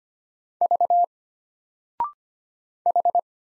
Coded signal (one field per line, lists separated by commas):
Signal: Morse code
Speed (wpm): 25 wpm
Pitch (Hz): 700 Hz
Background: none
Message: V H